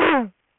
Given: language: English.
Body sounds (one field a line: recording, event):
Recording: throat vibration sensor signal played as sound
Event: throat clearing